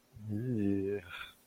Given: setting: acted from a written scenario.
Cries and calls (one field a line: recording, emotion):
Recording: vocal sound without words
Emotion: disgust